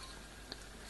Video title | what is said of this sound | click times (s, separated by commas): KerfKlip | You can flip it over, you can turn it end for end, and it just snaps into place. | 0.5 s